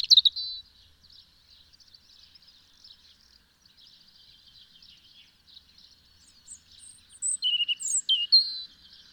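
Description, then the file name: European robin song: a faint, high, scratchy twitter through most, then a louder run of sweet, high whistled notes near the end. "Erithacus rubecula"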